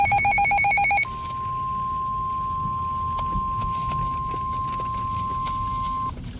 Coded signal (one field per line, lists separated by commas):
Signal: Emergency Alert System (SAME) tones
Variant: 1050 Hz attention tone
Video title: Flash Flood Warning on NWR and FM Stations - 6/7/25 (EAS #2,010-2,014)